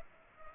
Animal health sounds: mosquito wingbeat signal from an infrared sensor; Culex pipiens

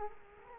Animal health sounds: mosquito wingbeat signal from an infrared sensor; Culex quinquefasciatus

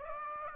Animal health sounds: mosquito wingbeat signal from an infrared sensor; Aedes aegypti

